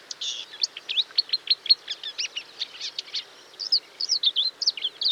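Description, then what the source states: Bird singing with rapid high chirps, then a few slurred whistled notes near the end. Recorded in a marsh.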